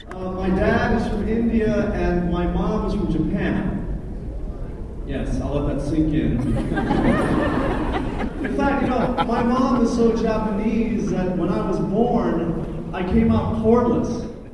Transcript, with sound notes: “My dad is from India and my mom is from Japan. Yes, I’ll let that sink in.” (LAUGHTER) “In fact, my mom is so Japanese that when I was born, I came out cordless.”